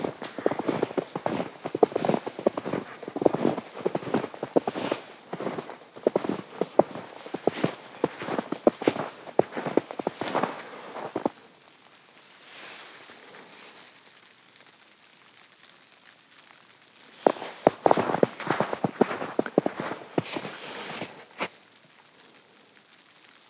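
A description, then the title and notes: Footsteps crunch through fresh snow at a steady walking pace, each step a crisp crackle. The walking runs for about eleven seconds, stops for a quiet stretch of faint hush, then resumes briefly around seventeen seconds before fading to near silence. Morning Hike in a Winter Wonderland (Bowman Lake Trail). Listen to the crisp sounds of fresh snow on a morning hike around the frozen lake.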